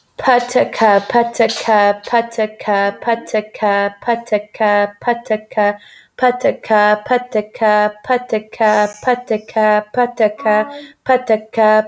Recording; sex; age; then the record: repeated syllables /pa ta ka/; female; 20 to 29 years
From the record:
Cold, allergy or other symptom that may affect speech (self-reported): no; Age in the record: 25 years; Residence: Texas, United States